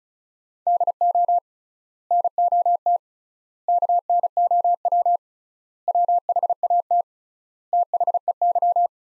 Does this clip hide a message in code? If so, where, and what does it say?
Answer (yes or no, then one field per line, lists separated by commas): yes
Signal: Morse code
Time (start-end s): 0.7-8.9 s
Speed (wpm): 36 wpm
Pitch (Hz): 700 Hz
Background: none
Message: DO NOT KNOW WHAT THEY